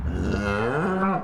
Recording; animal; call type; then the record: contact call of a hoofed animal; cattle; low-frequency (closed-mouth) or high-frequency (open-mouth) call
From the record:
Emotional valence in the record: negative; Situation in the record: full separation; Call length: 1.24 s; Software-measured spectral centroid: 1320 Hz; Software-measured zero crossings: 1190 a second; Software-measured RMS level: -24 dBFS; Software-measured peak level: -11 dBFS